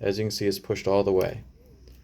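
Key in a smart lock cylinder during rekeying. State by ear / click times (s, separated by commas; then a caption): not seated / none. A new key is pushed fully into a smart lock cylinder during rekeying while someone talks, followed by faint quiet handling sounds. The clip ends before the key is turned counterclockwise, so the rekey mechanism has not clicked into place yet.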